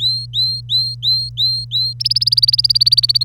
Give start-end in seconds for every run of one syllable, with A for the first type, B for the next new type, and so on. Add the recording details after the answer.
0.00-1.93 A, 2.00-3.25 B. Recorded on 25 April 2018 at 05:52. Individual llb3